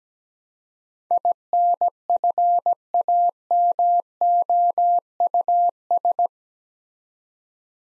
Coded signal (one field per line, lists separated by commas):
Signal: Morse code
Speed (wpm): 17 wpm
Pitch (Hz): 700 Hz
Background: none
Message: INFAMOUS